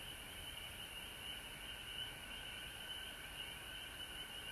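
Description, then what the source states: Frogs calling in chorus, a steady unbroken wall of high trilling notes at two pitches with a faint shrill band above, no gaps. Several frogs recorded at home in Georgia on March 19, 2020.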